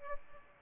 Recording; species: mosquito wingbeat signal from an infrared sensor; Aedes aegypti